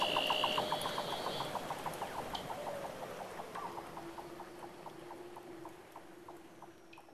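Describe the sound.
Weddell seal trilling call: a rapid pulsed train of clicks, overlapping a high steady whistle at first and a long low droning tone later.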